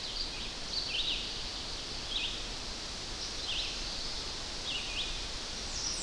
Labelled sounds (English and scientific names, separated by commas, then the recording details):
Red-eyed Vireo (Vireo olivaceus) song
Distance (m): 65 m
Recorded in boreal forest in Alberta, Canada, on 10 June 2016 at 06:52
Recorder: SongMeter 3, array SBT-3-39
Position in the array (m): 200 m, 125 m